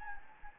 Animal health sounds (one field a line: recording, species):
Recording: mosquito wingbeat signal from an infrared sensor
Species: Anopheles gambiae